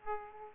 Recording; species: mosquito wingbeat signal from an infrared sensor; Aedes aegypti